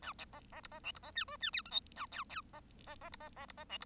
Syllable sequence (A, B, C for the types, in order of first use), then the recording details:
A B B C B D C B E F E G H I A J J B B B C B B C B D C. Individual Bird1